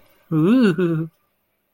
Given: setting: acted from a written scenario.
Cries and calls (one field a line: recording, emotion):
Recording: vocal sound without words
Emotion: elation